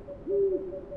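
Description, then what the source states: Owl giving a single short low hoot, smooth and level in pitch, against a soft steady background tone. Recorded on 28 February 2009.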